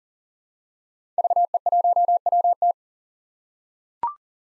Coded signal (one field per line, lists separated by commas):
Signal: Morse code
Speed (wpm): 40 wpm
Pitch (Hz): 700 Hz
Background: none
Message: VE1WT